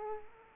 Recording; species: mosquito wingbeat signal from an infrared sensor; Culex quinquefasciatus